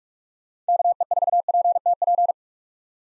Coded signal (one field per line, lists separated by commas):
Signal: Morse code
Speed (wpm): 42 wpm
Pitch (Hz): 700 Hz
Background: none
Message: KE4PTP